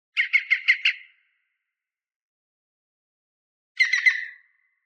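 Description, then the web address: European green woodpecker calling: a short run of five clipped notes, then a long silence, then another rattled burst of notes. Several green woodpeckers calling on a lakeshore, far away, in Norwegian forests. "Justsoundeffects - Forests of Norway BIRDMisc Green Woodpeckers Calling On Lakeshore Far Away"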